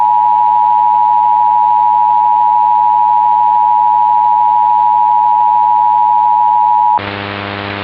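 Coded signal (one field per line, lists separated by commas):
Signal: Emergency Alert System (SAME) tones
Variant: 853 and 960 Hz attention tone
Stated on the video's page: Mock severe thunderstorm warning with SAME tones, made with Keynote, with a VHS effect applied in Audacity.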